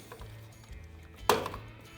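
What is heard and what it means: A plastic cover on a Road Glide Special motorcycle is pulled by hand until its clips release, and it pops off with a sharp snap at 1.3 s. A couple of softer ticks follow around 1.5 s over a low steady hum.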